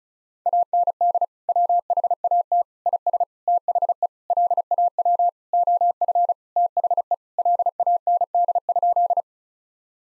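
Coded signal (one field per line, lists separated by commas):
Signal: Morse code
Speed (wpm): 34 wpm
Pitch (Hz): 700 Hz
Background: none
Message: AND WHAT IS THE LAW OF THE LAND?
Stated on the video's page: Morse code head-copy practice at 35 WPM, sentences built from the 1000 most common words.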